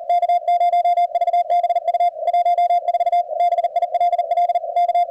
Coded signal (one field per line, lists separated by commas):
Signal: Morse code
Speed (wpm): 45 wpm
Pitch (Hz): 660 Hz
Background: radio noise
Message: K0VBU 14 BILL K